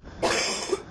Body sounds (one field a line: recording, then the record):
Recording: coughing mixed with background sound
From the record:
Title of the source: 61 morning phlegmy cough...again